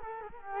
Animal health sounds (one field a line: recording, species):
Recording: mosquito wingbeat signal from an infrared sensor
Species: Culex quinquefasciatus